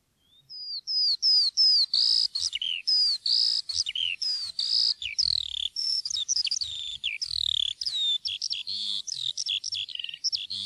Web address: fuglelyder- sanglerke